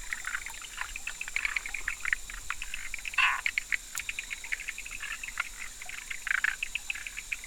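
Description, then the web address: Frogs giving quick clicking chirps in a busy chorus, with a louder note around three seconds and steady pulsing throughout. 11 October 2019, in the evening between 18:00 and 20:00. "frog rec 18-20 20191011"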